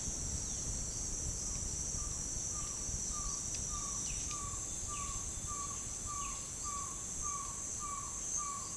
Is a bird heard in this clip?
yes